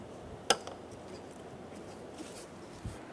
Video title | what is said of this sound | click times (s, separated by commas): How to Replace Headlight Assembly 2012-2016 Subaru Impreza | push them in until you hear a click | 0.5 s